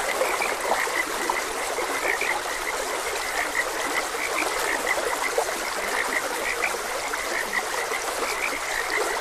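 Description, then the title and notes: Chorus of frogs giving quick repeated croaks that overlap without pause, set against the steady hiss of a running stream. Frogs croaking beside a gentle stream, presented as calming nature ambience for rest and sleep. "Frogs Croaking. Sleep and Relaxation Podcast"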